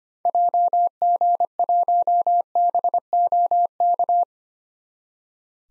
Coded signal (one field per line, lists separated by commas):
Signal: Morse code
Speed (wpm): 25 wpm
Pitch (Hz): 700 Hz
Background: none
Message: JG1BOK